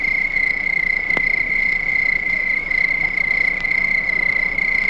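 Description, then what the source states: Crickets trilling constantly at a high pitch, steady and unvarying, with a sharp click just over a second in. Crickets at night.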